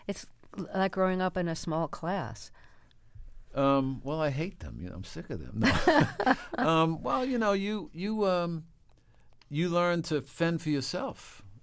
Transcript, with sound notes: It's like growing up in a small class.
Well, I hate them. You know, I'm sick of them. No.
(LAUGHTER)
Well, you know, you learn to fend for yourself.